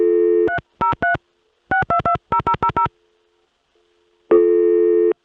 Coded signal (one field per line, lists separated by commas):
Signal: DTMF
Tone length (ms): 100 ms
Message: 303 6220000